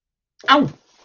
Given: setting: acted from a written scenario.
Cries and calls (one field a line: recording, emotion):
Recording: vocal sound without words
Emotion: pain